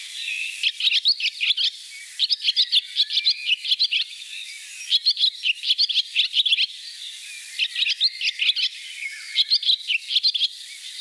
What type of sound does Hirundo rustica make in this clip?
song